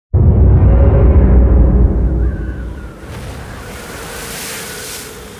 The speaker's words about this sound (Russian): Завывание ветра, хлопки парусов, скрип такелажа и гребных колес. Они сейчас вяло вращаются под напором воды, струящейся вдоль бортов.